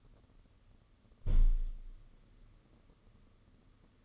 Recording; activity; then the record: daily activity, microphone in the room; close window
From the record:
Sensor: 4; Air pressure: 995.2 hPa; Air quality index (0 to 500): 189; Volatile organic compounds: 112 ppm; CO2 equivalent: 3826 ppm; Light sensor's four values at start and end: 6/13/5/5 and 5/12/4/5